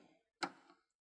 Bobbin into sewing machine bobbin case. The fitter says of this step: to the back and the rabbit ears have clicked in into place